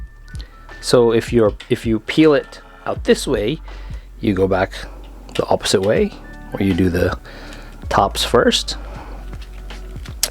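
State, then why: Seated. A plastic housing part is pressed back into a game controller shell during reassembly, tops first, while someone talks. Soft taps and handling noises lead up to a single loud, sharp snap at 10.2 s as the part seats into place.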